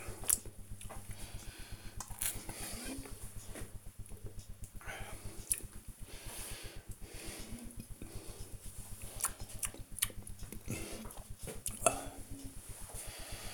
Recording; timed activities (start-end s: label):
household activities, microphone on the right wrist
0.00-13.53 s: drinking